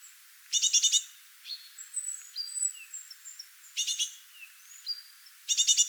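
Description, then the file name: Eurasian blue tit calls: three harsh buzzy churring bursts separated by a scatter of thin, high, slurred whistles and soft chips. "Cyanistes caeruleus"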